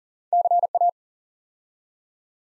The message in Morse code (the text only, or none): CA